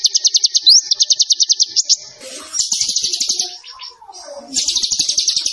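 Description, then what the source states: Zebra finch song: rapid pulsed trills of high, evenly spaced notes in bursts, separated by short buzzy and sliding phrases, with a faint lower whistle in between. Master recording for training cage birds; the bird is described as gacor (singing constantly).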